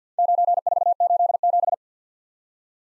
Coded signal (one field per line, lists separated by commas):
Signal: Morse code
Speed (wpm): 48 wpm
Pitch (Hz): 700 Hz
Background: none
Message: 9487